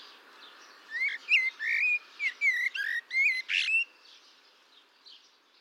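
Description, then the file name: Eurasian blackbird with a quick series of mellow whistles, each tipped with thin high notes, and a rasping flourish near the end before quiet. "Turdus merula"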